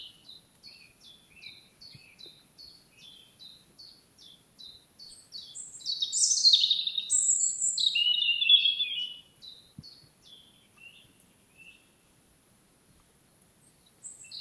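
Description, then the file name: European robin: a long string of brief, high, repeated downslurred notes, then a loud cascade of varied thin whistles and trills, and more soft notes. "Erithacus rubecula"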